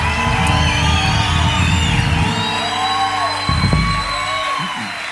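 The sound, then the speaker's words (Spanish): A large crowd cheers and applauds loudly and steadily at night, with scattered whoops and shouts rising over a dense, continuous roar of claps and voices. “aplaude fuerte en esta noche.”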